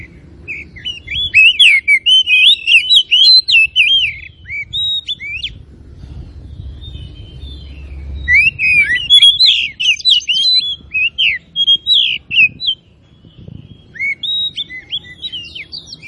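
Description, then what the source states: Oriental magpie-robin singing a rapid jumble of varied whistles and chirps in long phrases, with pauses between them and faint low background noise. Kacer of the Tretes type, singing gacor (vigorously and continuously).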